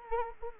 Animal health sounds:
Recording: mosquito wingbeat signal from an infrared sensor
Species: Anopheles arabiensis

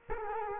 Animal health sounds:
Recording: mosquito wingbeat signal from an infrared sensor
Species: Culex quinquefasciatus

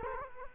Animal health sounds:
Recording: mosquito wingbeat signal from an infrared sensor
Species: Culex quinquefasciatus

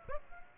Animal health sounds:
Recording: mosquito wingbeat signal from an infrared sensor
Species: Aedes aegypti

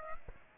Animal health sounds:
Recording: mosquito wingbeat signal from an infrared sensor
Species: Aedes aegypti

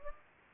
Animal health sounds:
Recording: mosquito wingbeat signal from an infrared sensor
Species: Anopheles gambiae

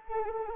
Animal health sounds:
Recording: mosquito wingbeat signal from an infrared sensor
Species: Anopheles arabiensis

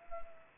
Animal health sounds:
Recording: mosquito wingbeat signal from an infrared sensor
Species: Anopheles arabiensis

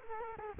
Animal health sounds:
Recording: mosquito wingbeat signal from an infrared sensor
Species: Culex quinquefasciatus

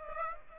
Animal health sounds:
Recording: mosquito wingbeat signal from an infrared sensor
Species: Aedes aegypti

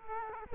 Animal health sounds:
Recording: mosquito wingbeat signal from an infrared sensor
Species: Culex quinquefasciatus

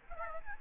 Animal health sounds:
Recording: mosquito wingbeat signal from an infrared sensor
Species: Aedes albopictus

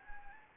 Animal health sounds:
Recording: mosquito wingbeat signal from an infrared sensor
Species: Anopheles arabiensis

